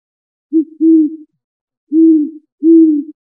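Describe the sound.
Great horned owl hooting: deep, soft hoots in a rhythmic pattern, a short hoot then a longer one, a pause, then two more drawn-out hoots.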